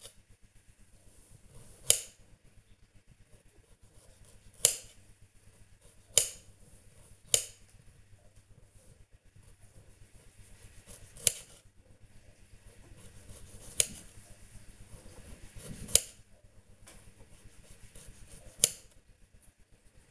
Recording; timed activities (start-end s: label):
household activities, microphone on the right wrist
0.00-20.11 s: cutting vegetables